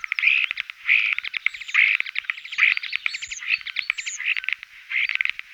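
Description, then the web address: Common starling singing a dense, scratchy warble of rattling buzzes and clicks, broken by short high whistled notes, delivered in quick bursts with barely a pause. Recorded in 2004. "singvoegel. gesang. roche 2004 star"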